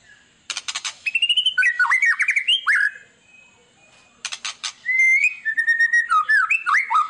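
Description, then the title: White-rumped shama giving quick chip bursts followed by rising and falling whistled phrases, twice in a row. Song played as a lure to draw a response from other birds; described as an actively singing ('gacor') bird. "PANCINGAN MEWAH MURAI BATU GACOR, SEKALI DENGAR AMPUH LANGSUNG RESPON"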